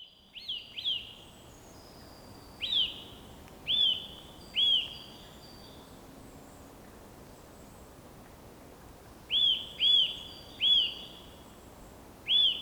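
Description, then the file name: Eurasian nuthatch giving ringing, down-slurred whistled notes, a quick cluster at the start then spaced calls. "Sitta europaea"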